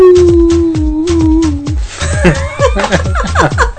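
A long, steady mid-pitched howl holds for nearly two seconds, then breaks into a jumble of higher yips and wavering, overlapping howls, loud throughout, like a young wolf.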